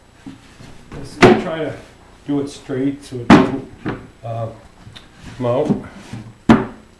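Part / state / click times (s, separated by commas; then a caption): cabinet panel into a cabinet frame / seated / 6.5 s. A kitchen cabinet panel is pushed straight up into its slot in a cabinet frame while someone talks. A sharp pop at 6.5 seconds marks it seating into place.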